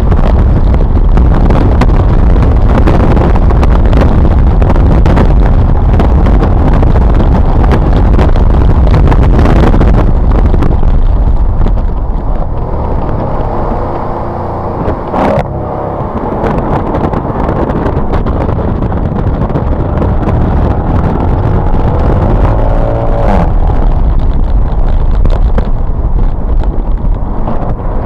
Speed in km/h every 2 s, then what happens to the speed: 138, 143, 148, 163, 167, 129, 87, 64, 58, 61, 81, 97, 103, 84.
0-8 speeds up to 167. 8-18 brakes to 61. 18-24 speeds up to 103. 24-28 brakes to 84.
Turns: 13-20.